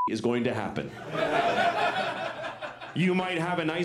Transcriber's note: soundbite of laughter